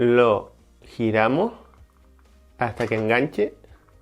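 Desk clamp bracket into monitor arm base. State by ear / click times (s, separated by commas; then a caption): not seated / none. Someone talks while the desk clamp bracket of a North Bayou F160 dual monitor arm is threaded through an opening in the arm base and turned so it will catch. Faint short taps sound between the words around 1.7 to 2.2 seconds. Nothing has latched or seated yet when the clip ends.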